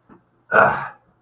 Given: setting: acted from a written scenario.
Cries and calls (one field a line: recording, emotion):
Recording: vocal sound without words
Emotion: contempt